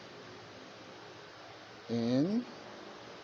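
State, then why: Not seated. A rubber brake caliper pin boot is pressed into its hole in the brake caliper bracket until no silver shows. There is a quiet, steady background, and someone talks briefly around 1.9 to 2.5 seconds. The boot has not snapped into place yet, and no click is heard.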